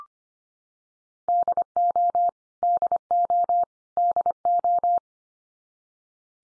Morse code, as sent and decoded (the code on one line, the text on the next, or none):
-.. --- / -.. --- / -.. ---
DO DO DO